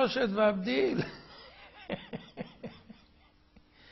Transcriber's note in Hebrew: הרב צוחק